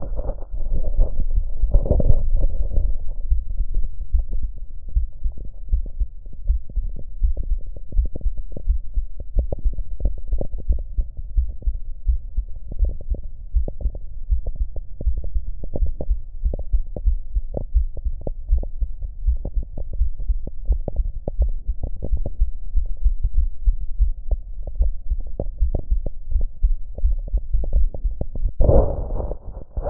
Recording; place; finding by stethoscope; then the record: heart sounds by stethoscope; mitral valve (MV); normal heart sounds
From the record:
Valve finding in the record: normal valve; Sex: female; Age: 20 years